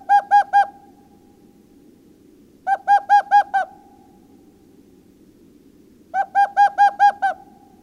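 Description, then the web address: Owl repeating three short bursts of up to five rapid tonal hoots, spaced a few seconds apart, each ending in a brief steady note, with a low hum throughout. "ghost owl bird call"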